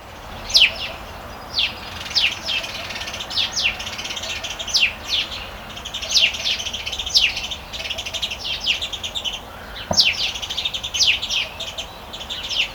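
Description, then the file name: House sparrow chirping: busy, overlapping downslurred chirps repeated throughout, with more chatter in the background and a single knock near the end. "Passer domesticus"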